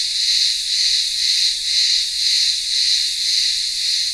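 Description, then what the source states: High, hissing cicada chorus throbbing rhythmically about twice per second, with nothing else audible. Cicadas in the midday heat, town square of a remote Greek village on Ikaria island, Greece.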